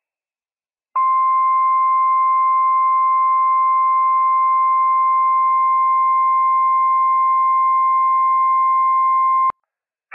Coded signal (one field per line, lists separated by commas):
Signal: Emergency Alert System (SAME) tones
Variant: 1050 Hz attention tone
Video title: Flash Flood Warning + Severe Thunderstorm Warning - WWF56 - EAS #241-242 - 7/3/22